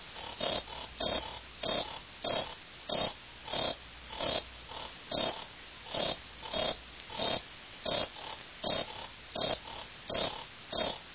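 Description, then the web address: Insect chirping in short, sharp bursts about one and a half per second, each pulse ringing high and bright, in a steady but slightly uneven rhythm. "animali insetti insetti insect"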